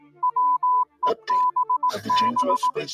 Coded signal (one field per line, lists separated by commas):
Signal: Morse code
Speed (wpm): 18 wpm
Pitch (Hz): 1000 Hz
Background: music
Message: WEBB